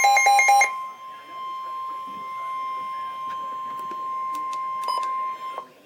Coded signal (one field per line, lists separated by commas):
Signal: Emergency Alert System (SAME) tones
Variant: 1050 Hz attention tone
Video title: Severe Thunderstorm Warning - EAS #230